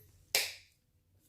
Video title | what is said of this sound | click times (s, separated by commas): ART SUPPLIES HAUL!!!!!! | so you hear it click. | 0.4 s